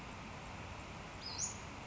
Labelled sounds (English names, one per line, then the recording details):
Western Flycatcher
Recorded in Sonoma County, California